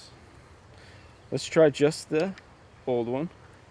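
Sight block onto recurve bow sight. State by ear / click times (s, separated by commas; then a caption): not seated / none. Someone talks briefly over a faint steady hiss while handling the old sight block, fitting just that one onto a Shibuya Ultima RC Pro recurve bow sight after extra sight blocks jammed the system. Nothing has seated or clicked on yet by the end of the clip.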